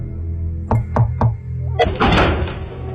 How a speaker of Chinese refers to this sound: 田庄的外面有一栋茅屋，李公下马令四名衙役在路口待命，他带了洪亮、乔泰、马荣三个人到那茅屋的门前开始敲门。